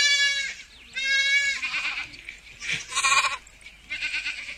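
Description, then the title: Sheep bleating: two wavering, nasal bleats in quick succession, followed by softer rustling and short noisy bursts. 3D audio recording, meant for headphones. "绵羊咩咩咩"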